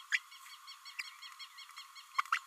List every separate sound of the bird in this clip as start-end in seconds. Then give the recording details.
0.12-0.19, 2.18-2.21, 2.32-2.39. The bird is a female. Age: 26 days. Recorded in a nest box in Venezuela. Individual 17B32A7